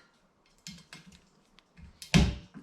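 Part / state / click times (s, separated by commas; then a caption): wiper blade onto windshield wiper arm hook / seated / 2.1 s. A new windshield wiper blade is slid up onto the hook at the end of the metal wiper arm, giving a few faint clicks and scrapes. Its plastic clip then snaps in with a loud, sharp click at 2.1 s, seating the blade on the arm.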